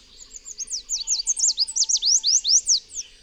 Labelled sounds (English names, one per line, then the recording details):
Chestnut-capped Warbler song
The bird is a male
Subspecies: delattrii
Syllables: 18
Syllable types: 12
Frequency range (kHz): 3.4-9.9 kHz
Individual FV-D12-M